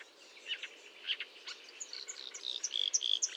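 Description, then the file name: Marsh warbler song, a quick run of varied high chirps and short whistled notes, growing busier toward the end, with a few clear piping tones. Recorded at Fontaine-Française, Fourneau, on 1 June 2022 at 10:55, using Nagra and Telinga equipment. "Rousserolle verderolle 1055 Fontaine-Francaise-Fourneau"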